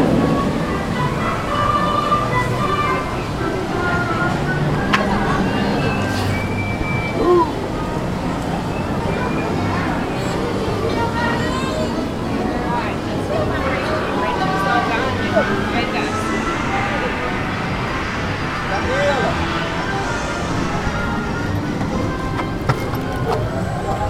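Theme park crowd noise, a dense, steady wash of overlapping voices and chatter that holds an even level throughout. Brief clicks and knocks pop out here and there, with a faint mechanical hum and scattered brighter tones mixed into the murmur.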